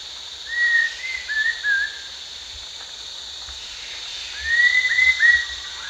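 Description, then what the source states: Rufous-tailed shama giving clear whistled phrases, a short warbled burst early and another about four seconds later, over a steady insect drone. Recorded at Danum on 1 January 2008.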